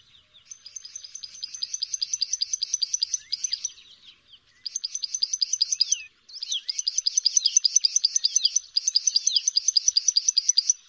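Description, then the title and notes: Bar-winged prinia giving fast, insistent high-pitched chipping trills in long rolling runs, broken by short gaps, with occasional thin slurred notes mixed in. Full song, including the rolling continuous style locally called ngerol. "Suara Kicau Burung Prenjak Lengkap dan Ngerol"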